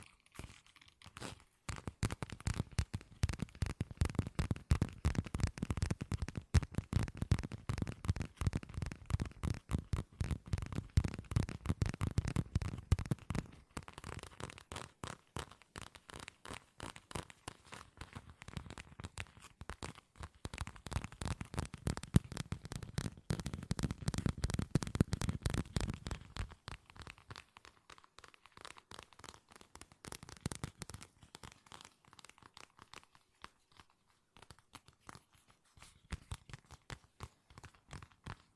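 Fast, dense tapping with rapid crisp clicks, fuller in the low end in bursts before thinning to sparser, quieter taps in the final ten seconds.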